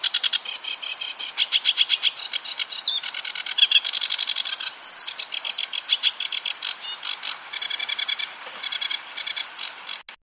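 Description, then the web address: Sedge warbler song: long, scratchy, rapid-fire chatter of grating syllables with occasional clear whistled notes, continuing for about ten seconds before stopping abruptly. "ljud Acrocephalus schoenobaenus"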